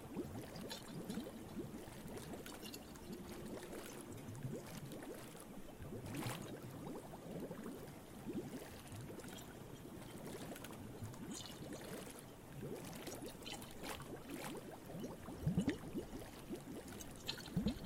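Ocean water with fish bubbles and gurgles in a steady, dense, low wash, with brief clicks and splashes near the end.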